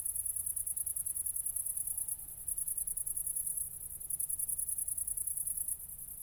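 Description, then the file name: Cricket chirping, a rapid high-pitched pulsing trill in bursts of one to two seconds with short pauses, over a low steady rumble. Crickets recorded at night, 00:53 on 4 August 2014, at Nordring, Kirchmöser, Brandenburg, Germany. "City Country Me Brandenburg Kirchmoeser Nordring Grillen 201408040053"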